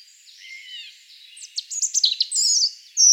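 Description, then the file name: European robin giving a brief liquid phrase: soft sliding whistles followed by quick high trills and chirps. "Erithacus rubecula"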